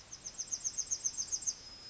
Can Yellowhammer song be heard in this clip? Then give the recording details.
yes. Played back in forest. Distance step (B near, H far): E. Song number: 016